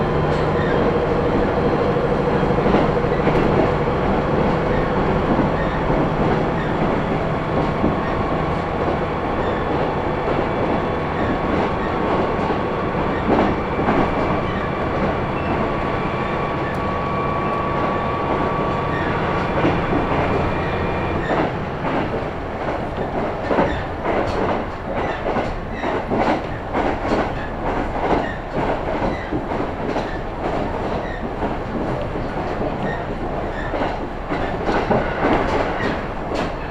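Train ride on the Kyūdai Line: a steady rumble with a humming motor tone, then rapid clacking wheel beats after about twenty seconds.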